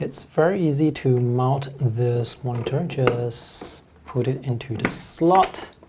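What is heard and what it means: A PRISM+ W280 Max 4K HDR10 monitor is handled onto its stand's mount slot while someone talks throughout. Nothing has seated or clicked yet; the clip ends before the monitor goes home in the slot.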